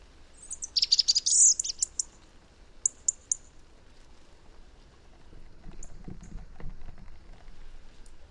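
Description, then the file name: European robin song: a thin, high, tumbling phrase of squeaky and trilled notes, then a few brief high chips, followed by soft low rustling. "Erithacus rubecula"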